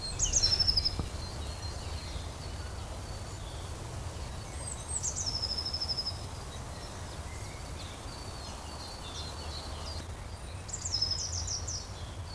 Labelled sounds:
Common Pheasant call
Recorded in the wild
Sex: male
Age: adult
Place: Mühlenbeck, am Tegeler Fließ, Brandenburg, DE
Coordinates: 52.6, 13.282
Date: 1992-04-11 11:40
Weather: heiter, 14°C, Wind
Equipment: Nagra SN, Mikrofon AKG CK 8, Kopie Tesla B 116
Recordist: Tembrock, Günter

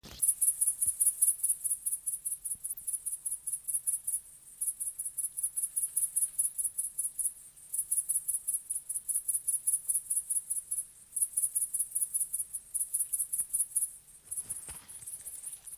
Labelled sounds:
Great Green Bush-cricket stridulation
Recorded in the wild
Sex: male
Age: imago
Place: Loddin, Insel Usedom, Mecklenburg-Vorpommern, DE
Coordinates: 54.0264, 14.0472
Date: 1983-09-26 18:30
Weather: heiter, 15°C, leicht böiger Wind
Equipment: Nagra SN, Sennheiser MKH 416 T, Kopie Uher 4000 Report Monitor
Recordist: Tembrock, Günter
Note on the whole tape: Stridulation

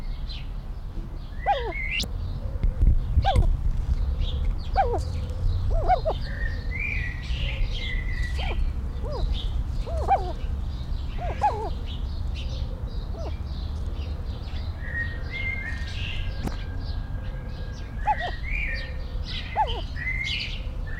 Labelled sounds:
Himalayan Snowcock call
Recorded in captivity
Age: adult
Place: Zoo Dresden, Sachsen, DE
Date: 1993-05-17 16:05
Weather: heiter, 25 °C
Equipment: Marantz CP 430, Sennheiser ME 80, Kopie Uher Variocord 263
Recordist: Tembrock, Günter

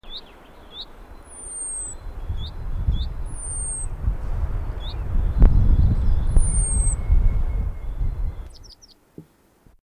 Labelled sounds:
Common Chaffinch call
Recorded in the wild
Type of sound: call
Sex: male
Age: adult
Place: Garmisch-Partenkirchen, Bayern, DE
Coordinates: 47.5125, 11.0828
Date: 1964-04-18
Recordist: Tretzel, Erwin
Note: Garmisch-Partenkirchen, Kramerplateauweg. Männchen: Rufe ("sieh")

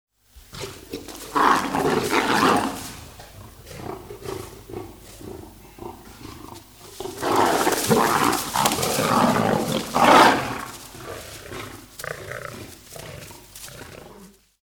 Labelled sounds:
Lion
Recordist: Tembrock, Günter
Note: Streit um Futter

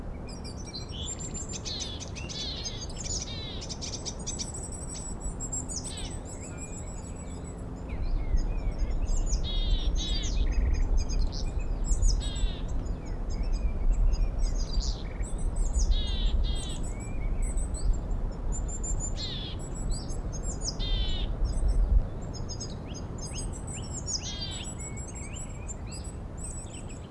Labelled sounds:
Willow Tit
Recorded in the wild
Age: adult
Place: Mirnock, Kärnten, AT
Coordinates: 46.758, 13.714
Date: 1967-04-15
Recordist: Brunner, Thomas

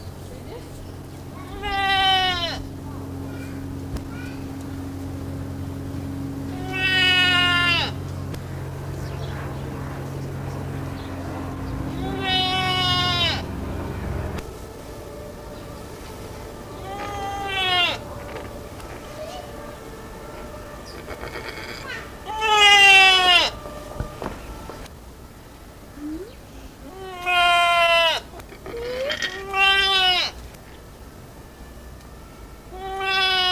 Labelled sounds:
Barbary Sheep call
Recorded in captivity
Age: juvenile
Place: Zoo Berlin, Berlin, DE
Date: 2000-09-07 16:25
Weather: fair, 16°C
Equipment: Nagra SN, Kopie Uher 4000 Report Monitor
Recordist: Tembrock, Günter

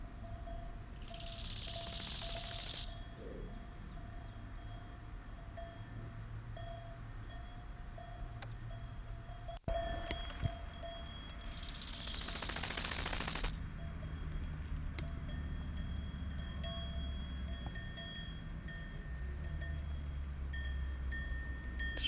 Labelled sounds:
Bow-winged Grasshopper stridulation
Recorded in the wild
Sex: male
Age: imago
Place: Tüchersfeld, Fränkische Schweiz, Bayern, DE
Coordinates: 49.72, 11.07
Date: 1995-09-05 12:07
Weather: wechselnd, sonnig, 15,2°C
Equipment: Nagra SN, Sennheiser ME 80, Kopie Uher 4000 Report Monitor
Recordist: Tembrock, Günter

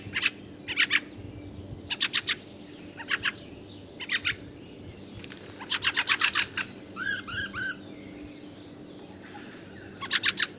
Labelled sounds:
Fieldfare call
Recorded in the wild
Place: Zirkow, Insel Rügen, Mecklenburg-Vorpommern, DE
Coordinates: 54.39, 13.538
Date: 1976-05-02 05:20
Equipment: Nagra III BH, Sennheiser MD 21, parabola
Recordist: Schubert, Michael

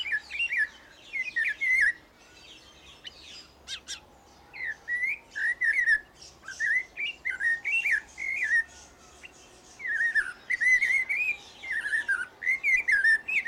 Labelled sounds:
Snowy-crowned Robin-Chat
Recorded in captivity
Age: adult
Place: Zoo Berlin, Berlin, DE
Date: 1992-08-22 12:10
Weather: heiter, 17-20°C
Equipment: Marantz CP 430, Sennheiser ME 80, Kopie Tesla B 116
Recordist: Tembrock, Günter

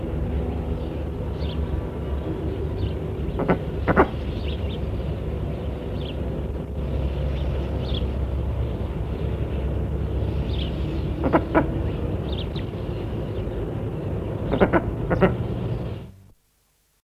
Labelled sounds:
Eastern Imperial Eagle call
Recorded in captivity
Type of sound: call
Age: adult
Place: Tierpark Berlin, Berlin, DE
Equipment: Halbspur, 9,5 cm/s
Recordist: Lütgens, Hans
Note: Rufe

